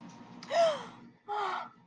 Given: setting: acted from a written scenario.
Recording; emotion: vocal sound without words; positive surprise